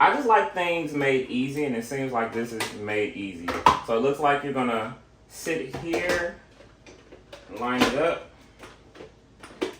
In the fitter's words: It looks like that locks in place.